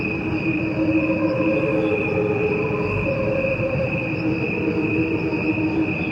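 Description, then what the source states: Crickets singing, slowed into steady sustained tones, a high drone layered over lower humming bands, unbroken throughout. Played-back cricket recording in two tracks, one at regular speed, one slowed to the equivalent of a human lifespan; crickets only, no instruments.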